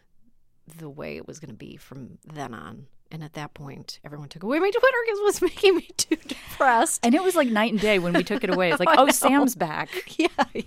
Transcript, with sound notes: the way it was going to be from then on. And at that point, everyone took away my Twitter because it was making me too depressed (laughter).
And it was like night and day when we took it away. It's like, oh, Sam's back.